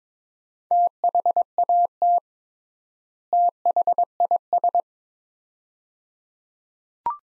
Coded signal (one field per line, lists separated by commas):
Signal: Morse code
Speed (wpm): 22 wpm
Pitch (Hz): 700 Hz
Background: none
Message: THAT THIS